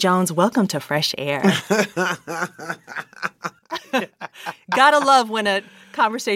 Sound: laughter

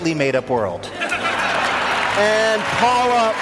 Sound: laughter

